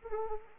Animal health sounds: mosquito wingbeat signal from an infrared sensor; Anopheles arabiensis

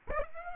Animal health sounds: mosquito wingbeat signal from an infrared sensor; Aedes aegypti

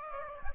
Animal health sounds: mosquito wingbeat signal from an infrared sensor; Aedes aegypti

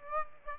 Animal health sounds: mosquito wingbeat signal from an infrared sensor; Aedes aegypti

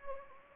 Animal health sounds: mosquito wingbeat signal from an infrared sensor; Anopheles gambiae

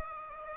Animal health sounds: mosquito wingbeat signal from an infrared sensor; Aedes aegypti

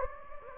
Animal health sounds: mosquito wingbeat signal from an infrared sensor; Anopheles gambiae

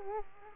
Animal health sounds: mosquito wingbeat signal from an infrared sensor; Culex quinquefasciatus

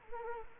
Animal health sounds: mosquito wingbeat signal from an infrared sensor; Culex quinquefasciatus

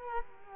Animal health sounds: mosquito wingbeat signal from an infrared sensor; Culex quinquefasciatus

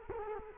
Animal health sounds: mosquito wingbeat signal from an infrared sensor; Culex quinquefasciatus

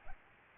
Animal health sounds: mosquito wingbeat signal from an infrared sensor; Aedes albopictus

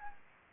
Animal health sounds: mosquito wingbeat signal from an infrared sensor; Anopheles arabiensis

